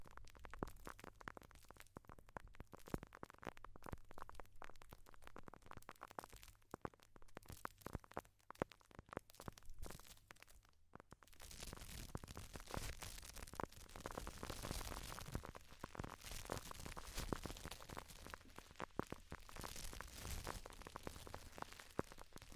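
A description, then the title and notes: Wet slime sounds in dense, rapid squishes and pops, growing thicker and brighter after about eleven seconds, over a low steady hum. ASMR Slime sounds for sleep, tingles and relaxation.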